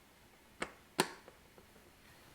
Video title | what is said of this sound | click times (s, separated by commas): How to Replace Refrigerator Water or Ice Maker Switch | it should just slide up underneath all the wires and pop into place | 0.6 s, 1.0 s